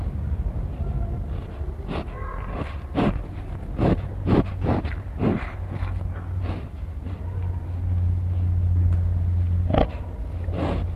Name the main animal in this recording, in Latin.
Phacochoerus africanus